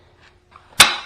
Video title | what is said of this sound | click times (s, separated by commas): GL 1000 Rotting Frame Fix | So that's it. Locks in place. Look at that. | 0.8 s